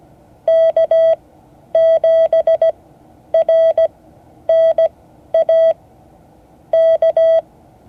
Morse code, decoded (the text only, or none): K7RNA K